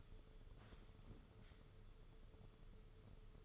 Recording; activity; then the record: daily activity, microphone in the room; sit down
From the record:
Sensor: 4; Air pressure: 995.3 hPa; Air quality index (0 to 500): 216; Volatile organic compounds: 258 ppm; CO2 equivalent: 4382 ppm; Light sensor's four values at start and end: 18/46/18/22 and 18/47/18/22